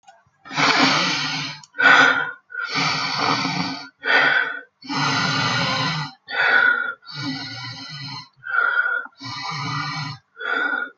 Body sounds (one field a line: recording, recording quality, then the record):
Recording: deep breathing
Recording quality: excellent, no background noise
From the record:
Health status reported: healthy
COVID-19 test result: not tested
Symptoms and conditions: none ticked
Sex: male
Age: 21 years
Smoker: not ticked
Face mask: not worn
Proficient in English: yes